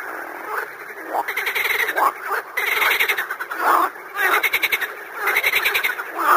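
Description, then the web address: Frogs croaking in a busy chorus, rhythmic bursts of raspy pulses separated by brief quieter gaps. "дикие лягушка"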